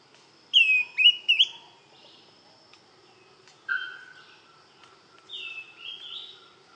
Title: LuckyPassaro Completos2Sama. Greenish Schiffornis (Schiffornis virescens)